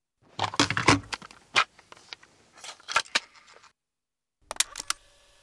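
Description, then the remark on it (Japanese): Plastic clicks and rattles as a cassette tape is handled and pushed into a player, a cluster of sharp taps followed by a pause, then a final firm click and clatter. “このテープだったかしら。”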